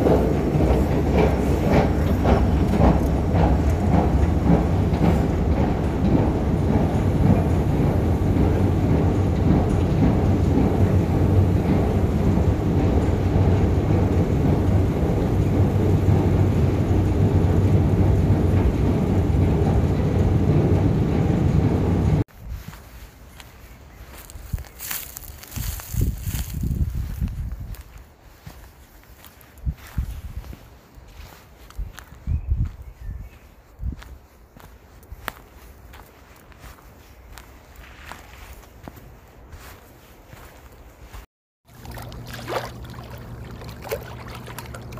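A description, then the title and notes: A metro ride fills the first twenty-two seconds with a dense, steady low rumble and rattle. Then it cuts to quieter, uneven sounds of walking outdoors, with scattered footsteps and occasional bright knocks, a brief dropout near forty-one seconds, and a low hum afterward. It is based on a ride on the metro and a walk to reach the sea, paying attention to rhythmic sounds.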